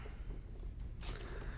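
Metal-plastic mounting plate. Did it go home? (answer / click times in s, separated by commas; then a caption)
no / none. A camera quick-release plate is lined up with the rails on a tripod head before being pushed in. Low rustling handling noise is heard with a faint tap near 0.6 s and a brighter scrape from about 1.0 s. Nothing has seated or clicked yet.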